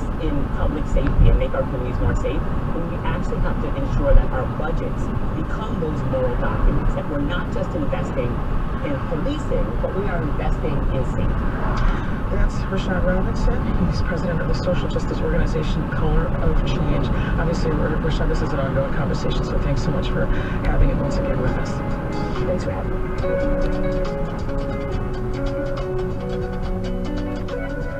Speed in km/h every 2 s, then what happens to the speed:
56, 56, 58, 60, 61, 61, 61, 61, 64, 63, 60, 55, 47, 31.
0-18 speeds up to 63. 18-28 brakes to 31.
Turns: none.